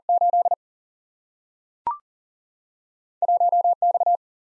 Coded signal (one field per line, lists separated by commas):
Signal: Morse code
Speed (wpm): 40 wpm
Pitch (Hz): 700 Hz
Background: none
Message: 8 1 X